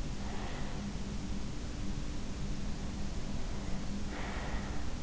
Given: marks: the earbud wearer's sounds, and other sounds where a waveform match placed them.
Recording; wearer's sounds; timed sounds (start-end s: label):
sounds in sleep by an in-ear microphone; breath
0.00-1.25 s: breath
3.88-4.97 s: breath